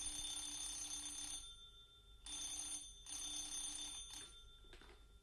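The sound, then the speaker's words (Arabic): A home telephone bell rings in loud, bright bursts: a long ring, a short pause, then two more rings and a fainter trailing one, with no voices. “في يوم كنت مريضة جدا في البيت، ضرب جرس التليفون.”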